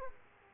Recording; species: mosquito wingbeat signal from an infrared sensor; Aedes aegypti